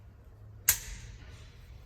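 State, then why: Seated. The fold-out entry step on a 2024 Intech Sol Dusk travel trailer is set down on the ground and its leg locks into position with a single loud, sharp metallic clack at 0.7 s, followed by a brief high-pitched ring that fades. Only a low steady hum is heard before and after, and the step is locked in place.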